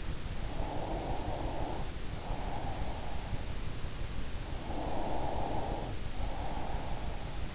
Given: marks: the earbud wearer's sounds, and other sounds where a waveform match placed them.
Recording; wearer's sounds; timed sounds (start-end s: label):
sounds in sleep by an in-ear microphone; breath
0.33-3.45 s: breath
4.52-7.55 s: breath